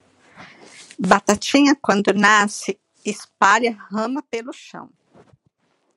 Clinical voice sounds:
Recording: short text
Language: Brazilian Portuguese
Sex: female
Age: 50 to 59 years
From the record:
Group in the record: control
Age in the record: 55 years

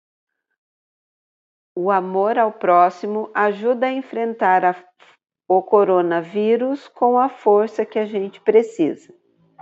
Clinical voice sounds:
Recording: spoken sentence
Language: Brazilian Portuguese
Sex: female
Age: 50 to 59 years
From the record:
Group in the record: control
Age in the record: 50 years

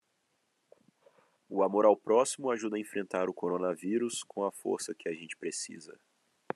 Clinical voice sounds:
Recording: spoken sentence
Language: Brazilian Portuguese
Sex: male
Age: 20 to 29 years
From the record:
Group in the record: control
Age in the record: 27 years

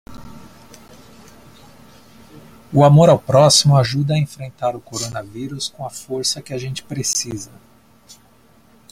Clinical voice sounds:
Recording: spoken sentence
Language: Brazilian Portuguese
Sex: male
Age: 30 to 39 years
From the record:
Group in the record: control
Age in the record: 39 years

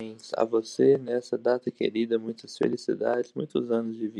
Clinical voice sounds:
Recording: short text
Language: Brazilian Portuguese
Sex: male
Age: 20 to 29 years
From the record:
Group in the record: control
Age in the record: 23 years

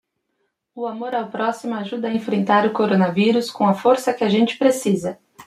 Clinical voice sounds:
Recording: spoken sentence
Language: Brazilian Portuguese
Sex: female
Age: 30 to 39 years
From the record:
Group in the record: control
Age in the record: 31 years

